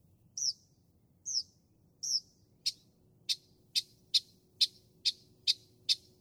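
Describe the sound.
Northern mockingbird song: three high slurred notes, then a fast series of sharp, clicking notes repeated about every half second, over a faint low rumble.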